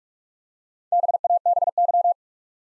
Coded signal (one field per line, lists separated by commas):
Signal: Morse code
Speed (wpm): 44 wpm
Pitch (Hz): 700 Hz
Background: none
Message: BABY